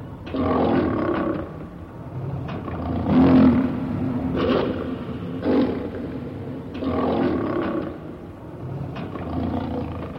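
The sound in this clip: Lion roaring: heavy guttural grunts and longer moaning bursts that rise and fall in loudness, repeated throughout, with a constant low hum behind.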